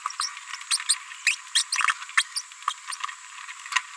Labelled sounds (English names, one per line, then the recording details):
Green-rumped Parrotlet babbling
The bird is a female
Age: 31 days
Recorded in a nest box in Venezuela
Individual 17B73B2